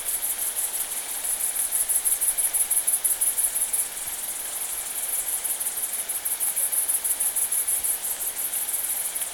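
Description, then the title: Bush-cricket song: a continuous high, sizzling buzz pulsing rapidly throughout, with a fainter lower insect sound beneath. Recorded at Saignon, Vaucluse, France, in September 2000. "Sylvain Jaskowiak - Animus. Grandes sauterelles vertes, grillons d'Italie et decticelles - Saignon, Vaucluse - septembre 2000"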